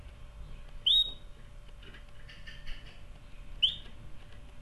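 Canary: a crisp rising whistle, a soft, brief warbled phrase, then a second rising whistle nearly three seconds later.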